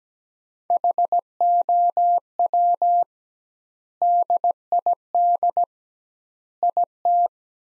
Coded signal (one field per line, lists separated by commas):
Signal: Morse code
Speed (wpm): 17 wpm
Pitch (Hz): 700 Hz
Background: none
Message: HOW DID IT